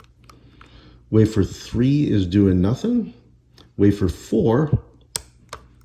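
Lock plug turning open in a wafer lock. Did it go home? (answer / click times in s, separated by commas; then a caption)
released / 5.2 s. A person talks while an antique wafer lock is raked and tensioned until the last wafer sets and the plug turns. A sharp metallic click at 5.2 seconds marks the lock clicking open, followed by a few faint ticks.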